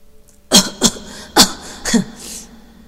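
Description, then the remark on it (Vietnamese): A person lying on an inflatable raft on the floor of a boat coughs in four sharp, uneven bursts, then lets out one short, soft, breathy laugh. No talking. “Đột nhiên có tiếng người ho lên, rồi lại bật cười một tiếng.”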